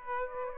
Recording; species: mosquito wingbeat signal from an infrared sensor; Aedes aegypti